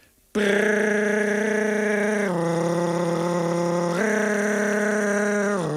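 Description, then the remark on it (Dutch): A person imitates a dry, rattling animal call with one long, steady, buzzy vocal drone lasting about five seconds. Its pitch dips midway and then rises again, with no speech. “Een beetje woest, maar het is echt wel zo'n ratel, zo'n droge ratel, wat lang kan aanhouden.”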